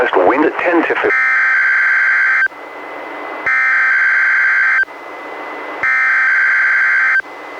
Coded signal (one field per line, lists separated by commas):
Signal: Emergency Alert System (SAME) tones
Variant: header bursts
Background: speech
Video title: EAS #400-401: 2 NWR Required Weekly Tests- June 17-24, 2020